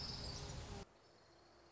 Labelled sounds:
Orange-crowned Warbler
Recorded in Sonoma County, California

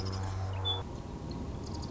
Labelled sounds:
Marsh Wren
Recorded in Sonoma County, California

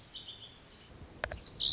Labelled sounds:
Lazuli Bunting
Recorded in Sonoma County, California

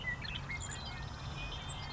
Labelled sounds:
Savannah Sparrow
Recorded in Sonoma County, California

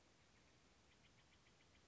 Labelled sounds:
Steller's Jay
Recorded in Sonoma County, California

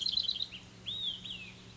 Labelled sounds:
Olive-sided Flycatcher
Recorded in Sonoma County, California

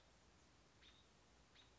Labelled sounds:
American Robin
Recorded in Sonoma County, California

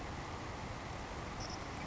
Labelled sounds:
Savannah Sparrow
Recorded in Sonoma County, California

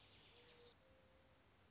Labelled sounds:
Mourning Dove
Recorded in Sonoma County, California

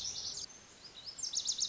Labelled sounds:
Lazuli Bunting
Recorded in Sonoma County, California

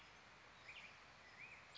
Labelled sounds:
Black-headed Grosbeak
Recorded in Sonoma County, California

